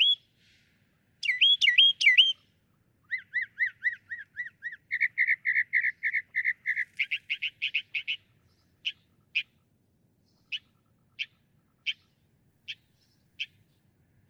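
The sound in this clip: Northern mockingbird song that switches through several motifs: looping whistles, a run of even chirps, rapid buzzy notes, then widely spaced single chips.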